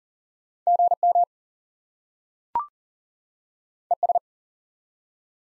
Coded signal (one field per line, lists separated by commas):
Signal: Morse code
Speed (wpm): 40 wpm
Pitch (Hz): 700 Hz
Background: none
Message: GM ES